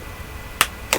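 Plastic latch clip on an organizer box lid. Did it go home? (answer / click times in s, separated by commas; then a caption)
yes / 0.6 s, 0.9 s. A plastic floss or bobbin organizer box is closed, and the plastic latch clips on its lid snap shut with two sharp, bright hits at 0.6 s and 0.9 s over a quiet low hum. Both latches seat securely.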